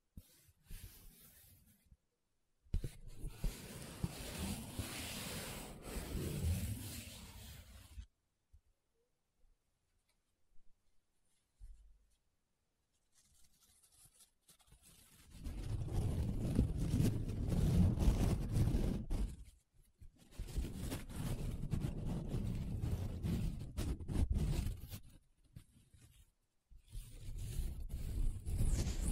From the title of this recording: Paper Sounds Tracing, Scratching, Rubbing